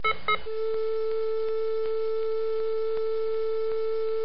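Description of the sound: Two quick beeps give way to a single steady, unbroken tone that holds for about four seconds. This is a simulated hospital monitor flatline alarm, the sound for asystole, when no heartbeat is detected.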